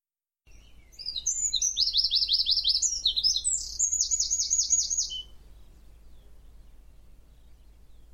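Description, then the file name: Eurasian wren delivering a vigorous, shrill song of sharp notes and rapid repeated trills for about four seconds, followed by quiet background. "Troglodytes troglodytes"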